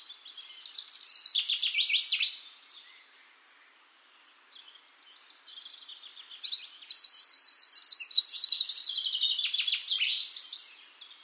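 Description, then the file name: Eurasian wren song in two bursts: a short high trilling phrase, a pause, then a longer loud sequence of fast rattling trills and sharp notes. "Troglodytes troglodytes"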